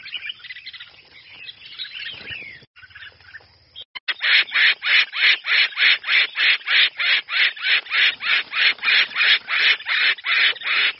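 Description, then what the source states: Red-whiskered bulbul distress call, starting with scratchy mixed calls and a brief gap, then a long run of loud harsh rasps repeated about three times a second. Distress call, a bird calling for help.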